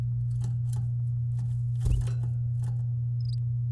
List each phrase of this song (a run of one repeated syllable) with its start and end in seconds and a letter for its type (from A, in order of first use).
3.20-3.34 A